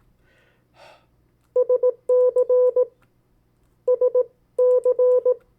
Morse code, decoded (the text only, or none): SC SC